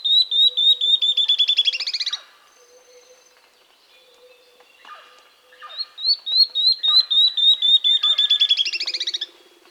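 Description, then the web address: Tawny-throated leaftosser: the end of one song, then a full song after a few quiet seconds with faint low tones; each song is a run of sharp descending notes speeding into a dry trill. Andean bird of South America. "Natures Songs S America Andean Birds. Tawny-Throated Leaftosser (Sclerurus Mexicanus)"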